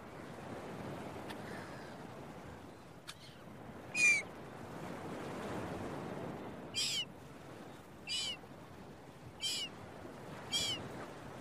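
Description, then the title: Gulls giving short squealing calls, one strong cry then four more at roughly one-second intervals, with a soft continuous roar of surf. Seagulls at a beach with waves, recorded early in the morning. "Early Morning Seagulls and Beach Waves"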